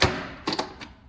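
The hinged metal lid of a 2K cash cassette from a Hyosung retail ATM is closed over the loaded notes and snaps shut with a sharp thump at 0.0 s. A cluster of quieter knocks follows around 0.5 to 0.6 s, with a faint tap near 0.8 s. The lid is shut and seated.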